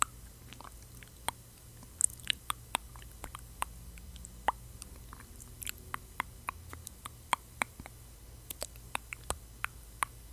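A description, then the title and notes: Wet mouth sounds come as quick clicks and smacks scattered through the clip, some crisp and bright, others softer, arriving irregularly several times per second. A low steady hum sits underneath, with a faint rustling in the middle that could be hands moving. Mouth sounds + hand movements + mic brushing + MORE (no talking).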